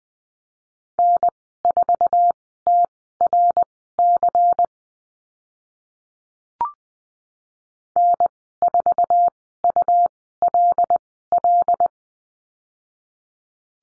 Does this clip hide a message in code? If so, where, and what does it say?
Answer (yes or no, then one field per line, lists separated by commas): yes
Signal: Morse code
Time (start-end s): 1.0-11.9 s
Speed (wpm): 20 wpm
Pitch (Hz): 700 Hz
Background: none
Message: N4TRC N4ULL